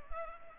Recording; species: mosquito wingbeat signal from an infrared sensor; Culex pipiens